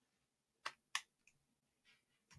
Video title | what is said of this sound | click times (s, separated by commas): DJI Mini 2 in 2022 - Unboxing, Reaction, Suggestions | when it's properly fitted it will you will hear a snap sound so this is that sound | 0.7 s, 1.0 s